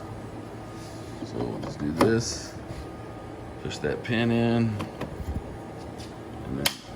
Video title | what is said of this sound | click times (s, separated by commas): Unboxing and review of the Dewalt DW735 planer #dewalt #powertools #woodworking #planer | turn it it snaps into place | 6.7 s